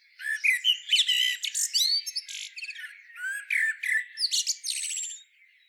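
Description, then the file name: Common blackbird singing nearly nonstop, mixing fluty warbled notes with sharp squeaks, rapid twitters and short buzzy trills over about five seconds. "Turdus merula"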